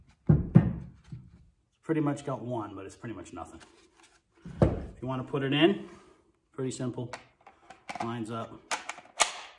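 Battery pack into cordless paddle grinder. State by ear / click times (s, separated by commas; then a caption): seated / 9.2 s. Someone talks while an 18 V battery pack is slid onto the battery mount of a cordless Milwaukee Fuel M18 paddle grinder. A sharp click at 9.2 s marks the battery locking in, and the pack is seated.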